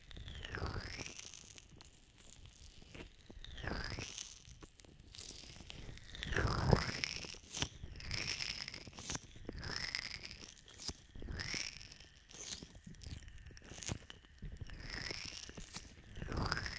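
Ear lotion being rubbed and cupped, producing wet, crinkly swishes and squelchy swoops that rise and fall irregularly every second or two.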